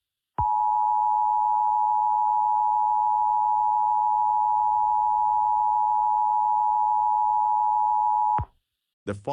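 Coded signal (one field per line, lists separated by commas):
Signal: Emergency Alert System (SAME) tones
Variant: 853 and 960 Hz attention tone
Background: speech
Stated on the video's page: Fictional EAS scenario, simulated alert made with editing software and text to speech.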